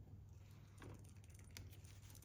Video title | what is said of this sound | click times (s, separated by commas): The one thing I had to change on my Africa Twin | pry up the tab to make sure it clicks into the new connector. | 1.6 s